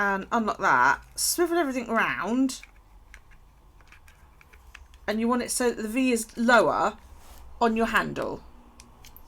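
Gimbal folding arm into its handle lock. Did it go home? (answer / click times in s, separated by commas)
yes / 8.8 s, 9.2 s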